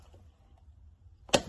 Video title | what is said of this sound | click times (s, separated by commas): Mecatech clutch | down you hear that clicking that's | 1.3 s